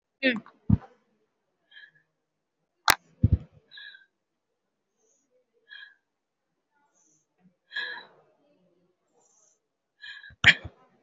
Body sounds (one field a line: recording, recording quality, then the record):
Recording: deep breathing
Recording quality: excellent, no background noise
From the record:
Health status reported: COVID-19 positive, moderate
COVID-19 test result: positive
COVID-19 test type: RT-PCR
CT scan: taken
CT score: 2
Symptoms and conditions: breathing difficulty, another respiratory illness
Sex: female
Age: 78 years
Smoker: no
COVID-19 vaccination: one dose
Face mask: worn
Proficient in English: no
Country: India